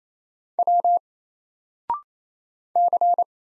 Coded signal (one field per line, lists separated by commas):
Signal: Morse code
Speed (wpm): 28 wpm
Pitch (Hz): 700 Hz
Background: none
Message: W C